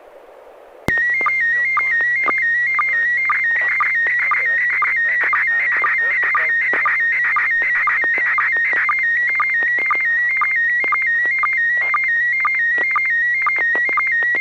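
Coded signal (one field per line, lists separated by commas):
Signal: SSTV (slow-scan television)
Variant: PD 120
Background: speech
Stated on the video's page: SSTV images exchanged on a weekly amateur net via an FM repeater on 441.300 MHz in Sacramento, California.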